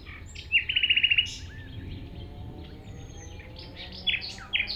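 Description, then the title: Common nightingale song opening with a quick trill of several repeated notes, followed by quieter chirps and two sharp notes near the end over low rumble. Singing in tall grass at Chindrieux, France, approached on foot by the recordist; deaf to outside noise while singing. "195 Rue de Vars, Chindrieux, France - approche d'un rossignol"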